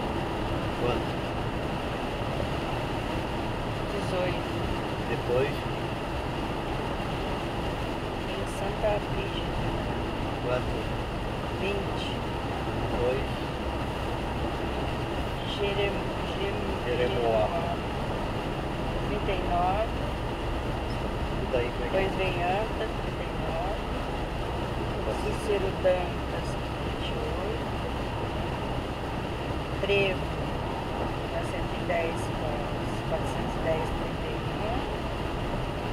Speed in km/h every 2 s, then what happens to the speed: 107, 105, 102, 99, 98, 99, 100, 100, 99, 97, 96, 96, 97, 98, 100, 100, 100, 101.
0-7 slows to 98. 7-36 steady at about 99.